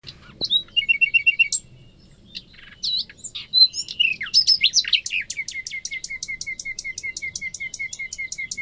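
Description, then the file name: Common nightingale song: short varied notes, then a long steady rattling series of sharp repeated clicks over the second half, delivered fast and evenly. "Luscinia megarhynchos"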